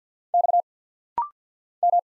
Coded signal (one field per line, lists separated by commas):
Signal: Morse code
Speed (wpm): 51 wpm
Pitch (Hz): 700 Hz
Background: none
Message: X M